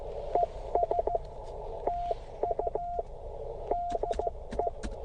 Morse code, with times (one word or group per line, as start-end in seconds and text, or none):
0.3-1.2 ES
1.9-3.0 TU
3.7-4.7 DE